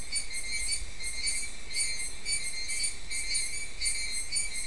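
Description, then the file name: Insect chorus of high, shrill chirps pulsing in short bursts, with a soft low hum underneath. "mainly insect"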